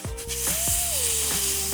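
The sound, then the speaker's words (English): A steady hissing rush of a puff of helium being drawn in, lasting under two seconds, with a faint wavering tone gliding up and back down and a few soft thumps underneath. “Alors attends, je reprends une petite bouffée d'air pur et j'envoie le son.”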